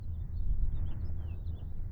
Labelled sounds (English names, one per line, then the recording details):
House Finch song
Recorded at Breezy Point on Long Island, New York, on 4 June 1975
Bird B